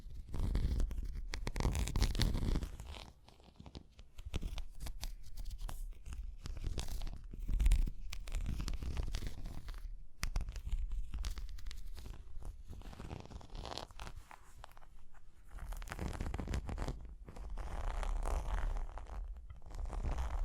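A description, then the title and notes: Dense tapping and scratching with rough, tearing scrapes and crunchy bursts, heaviest in the first three seconds and near seconds eight and eighteen. Tapping and Scratching (No Talking).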